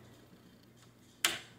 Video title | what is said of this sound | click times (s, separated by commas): Shoes Rack 5 Tier Multifunctional Shoe and Hat Rack Review, Easy To Put Together, Amazingly Sturdy | and that just snaps in place | 1.2 s